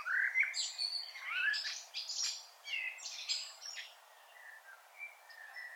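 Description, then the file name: Common blackbird singing a busy jumble of fluty notes and high squeaky twitters, fading into softer short phrases, with background hiss. "Turdus merula"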